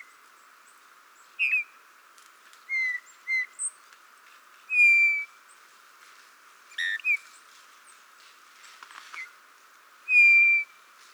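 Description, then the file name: Eurasian bullfinch giving soft, piping whistled calls, spaced irregularly over several seconds. "Pyrrhula pyrrhula"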